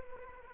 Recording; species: mosquito wingbeat signal from an infrared sensor; Anopheles arabiensis